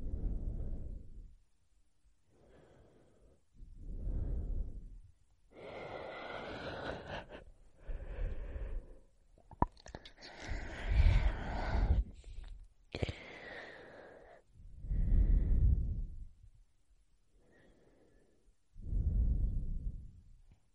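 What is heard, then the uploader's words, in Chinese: Immersive mouth breathing: slow, deep breaths come in a steady cycle about every two to three seconds, low and airy. Several breaths around the middle turn brighter and rougher, with a wet, wheezy hiss, before the later breaths settle back to a soft, low rush. 嘴巴沉浸式呼吸。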